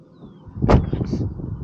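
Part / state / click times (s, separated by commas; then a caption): front door latch closing into the car body striker / seated / 0.6 s, 0.9 s. The front door of a Tesla Model Y Juniper is swung closed and its latch catches in the car body striker, with a sharp clunk at 0.6 s and a second click at 0.9 s, followed by a brief rattling tail. The door latches shut with a sturdy-sounding close.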